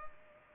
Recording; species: mosquito wingbeat signal from an infrared sensor; Culex pipiens